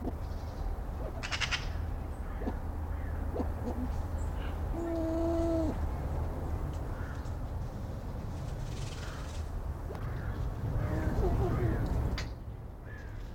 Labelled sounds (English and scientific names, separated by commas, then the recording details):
Koklass Pheasant (Pucrasia macrolopha) call
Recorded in captivity
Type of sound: call, call sequence
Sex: male
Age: adult
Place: Tierpark Berlin, Berlin, DE
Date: 1992-10-31
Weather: heiter, 6°C
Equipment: Marantz CP 430, Sennheiser ME 80, Kopie Tesla B 116
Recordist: Tembrock, Günter
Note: Dunkle Lautfolgen von Männchen, 1 Langlaut (5 m)